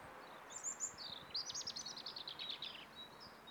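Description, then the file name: European robin singing a high sweet phrase, then a fast jittery run of twittering notes ending in soft thin whistles. "Erithacus rubecula"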